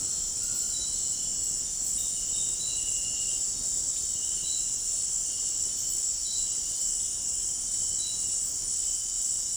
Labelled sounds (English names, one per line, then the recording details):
none
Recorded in dense forest near Puerto Asís, Putumayo, Colombia, on 12 March 2025 at 18:00
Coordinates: 0.500, -76.322
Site GP06